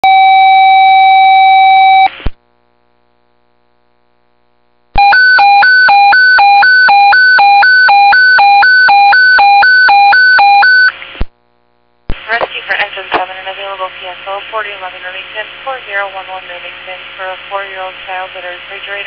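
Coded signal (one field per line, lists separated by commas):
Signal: pager alert tone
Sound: a two-second steady tone, a pause, a rapid high-low warble, then a dispatcher talking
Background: dispatcher voice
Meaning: Alert tones for Station 7 ahead of a dispatch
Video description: Kalamazoo Department of Public Safety Fire Tones for Station 7.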